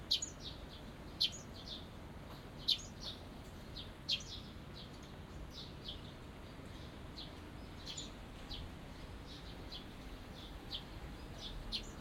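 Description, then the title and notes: Birds chirping with bright, sharp high notes, a few louder calls standing out at intervals over a soft hiss. Binaural recording in a small garden in a corner of Yushima Tenjin shrine, Tokyo, Japan, surrounded by buildings, after rain. "小鳥のさえずり、雨上がりの庭園にて（Binaural）- Birds singing in the garden. 湯島天神の片隅にある小さな庭園で録音しました。"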